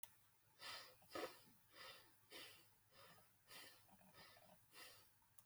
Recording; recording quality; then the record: shallow breathing; excellent, no background noise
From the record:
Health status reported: healthy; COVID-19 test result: negative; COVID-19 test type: RT-PCR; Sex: male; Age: 20 years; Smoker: no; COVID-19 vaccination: both doses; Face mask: worn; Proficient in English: yes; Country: India